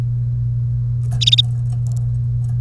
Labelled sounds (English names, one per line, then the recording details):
Domestic Canary song
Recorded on 1 May 2018 at 10:01
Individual llb3